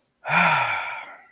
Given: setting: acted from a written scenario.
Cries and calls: vocal sound without words; anger

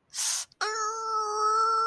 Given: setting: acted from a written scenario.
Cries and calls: vocal sound without words; pain

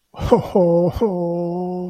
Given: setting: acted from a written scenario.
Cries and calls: vocal sound without words; sadness

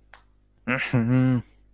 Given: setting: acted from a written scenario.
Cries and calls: vocal sound without words; anger

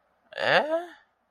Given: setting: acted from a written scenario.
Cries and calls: vocal sound without words; confusion

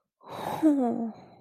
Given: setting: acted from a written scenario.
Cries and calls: vocal sound without words; negative surprise

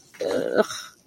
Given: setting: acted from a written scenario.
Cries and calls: vocal sound without words; pain

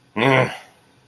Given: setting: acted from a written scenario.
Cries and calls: vocal sound without words; contempt

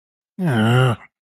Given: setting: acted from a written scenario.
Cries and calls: vocal sound without words; guilt

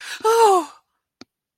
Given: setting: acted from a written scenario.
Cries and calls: vocal sound without words; fear

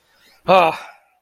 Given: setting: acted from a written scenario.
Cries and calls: vocal sound without words; distress

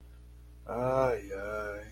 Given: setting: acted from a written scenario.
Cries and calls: vocal sound without words; sadness

